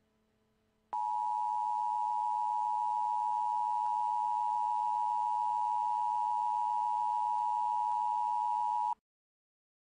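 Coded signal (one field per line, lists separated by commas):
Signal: Emergency Alert System (SAME) tones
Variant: 853 and 960 Hz attention tone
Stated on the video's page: Fictional EAS scenario with simulated alert tones about a tornado outbreak turning into a global hurricane disaster.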